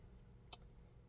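A new plastic ignition switch for a Porsche 944 is pushed into the back of the steering lock housing and seats with a single sharp click at 0.5 s. It goes in fairly easily, over a low steady background hum.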